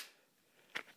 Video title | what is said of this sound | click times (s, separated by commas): Knife Talk: Episode 30, Sheaths | You get that audible click, | 0.8 s